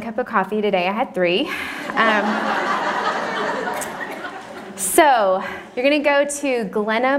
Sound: laughter

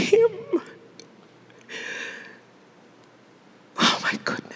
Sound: deep sigh

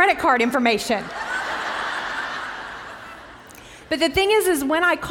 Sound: laughter

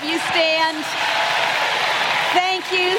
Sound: applause

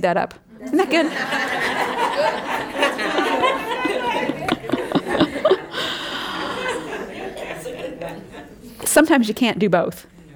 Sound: laughter

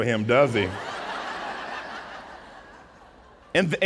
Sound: laughter

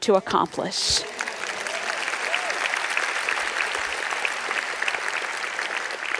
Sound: applause

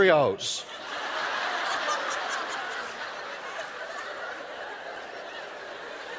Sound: laughter

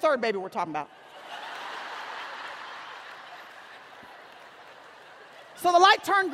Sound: laughter

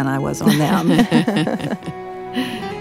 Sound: laughter

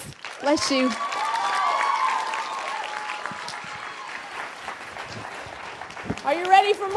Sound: applause

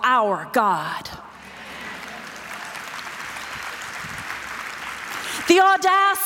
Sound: applause

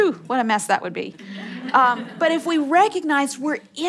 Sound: laughter

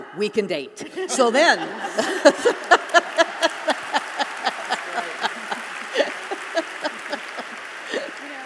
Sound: applause

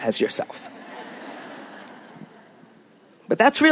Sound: laughter

